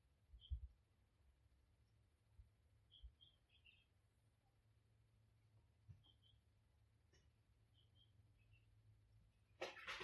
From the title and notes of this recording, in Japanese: 毎朝庭で聞こえる鳥の声を録音しました。